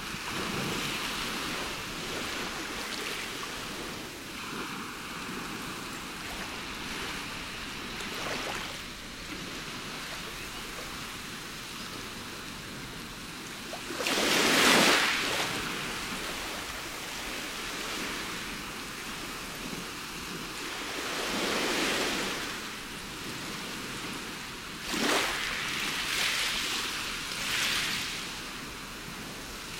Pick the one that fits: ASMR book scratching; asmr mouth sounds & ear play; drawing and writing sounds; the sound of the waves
the sound of the waves